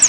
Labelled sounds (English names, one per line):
Northern Parula flight call